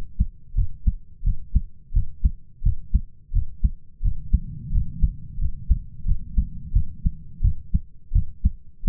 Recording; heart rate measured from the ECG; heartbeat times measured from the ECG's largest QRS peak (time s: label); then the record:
heart sounds by stethoscope; 87 bpm
0.55 s: heartbeat
1.24 s: heartbeat
1.93 s: heartbeat
2.63 s: heartbeat
3.32 s: heartbeat
4.02 s: heartbeat
4.71 s: heartbeat
5.39 s: heartbeat
6.05 s: heartbeat
6.73 s: heartbeat
7.41 s: heartbeat
8.12 s: heartbeat
8.84 s: heartbeat
From the record:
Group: healthy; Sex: male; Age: 33 years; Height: 179 cm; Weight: 80.4 kg